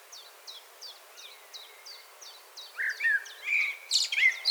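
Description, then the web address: Common blackbird song: a series of quick, sharp high chips, then rich, fluty, warbling phrases that grow louder toward the close. "SETE data Turdus merula 181122"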